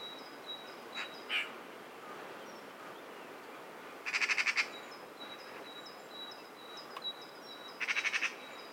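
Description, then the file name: Eurasian magpie making a few isolated rasping notes, then two rapid grating rattles, over a background of repeated thin, high chips from another bird. "Pica pica"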